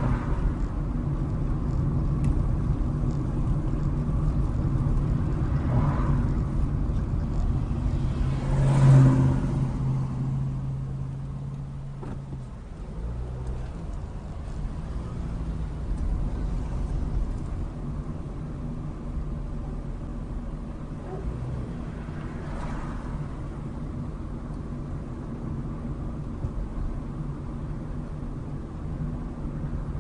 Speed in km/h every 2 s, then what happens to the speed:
32, 32, 31, 24, 16, 5, 10, 21, 23, 23, 24, 27, 26, 24, 24.
4-10 brakes to 5. 10-15 speeds up to 23. 15-30 steady at about 24.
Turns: none.